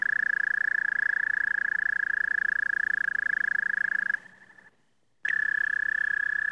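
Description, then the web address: Frog giving a long, even, fast-pulsed trill at one steady pitch, broken by a brief silent gap before the trill resumes. "лягушки"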